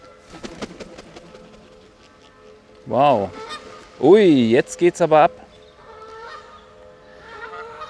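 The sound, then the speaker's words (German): Geese, one of which appears to be brooding, break into loud, agitated honking, a few harsh nasal blasts in a burst of three or four calls, with people speaking briefly before and after. “Da drüben scheint nämlich eine von den Gänsen zu brüten.”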